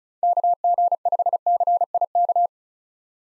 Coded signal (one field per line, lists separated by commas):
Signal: Morse code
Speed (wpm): 34 wpm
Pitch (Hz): 700 Hz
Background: none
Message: KG5CIK